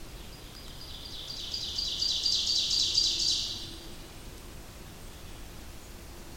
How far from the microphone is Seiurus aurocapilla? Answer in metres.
about 45 m